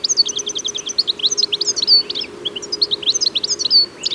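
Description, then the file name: European goldfinch calling in a continuous run of bright, high, liquid twitters and short slurred chirps, rapid and irregular throughout. "Carduelis carduelis"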